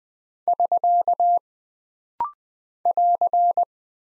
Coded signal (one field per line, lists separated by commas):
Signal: Morse code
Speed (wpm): 20 wpm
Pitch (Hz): 700 Hz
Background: none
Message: <SK> <AR>